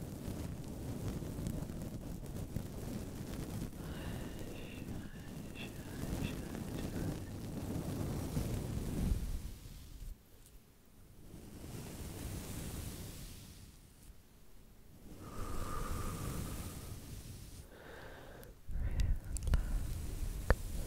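Slow brushing against a microphone makes a dense, rumbling rush for nine seconds, then softer swelling strokes, ending with a few sharp scratchy clicks.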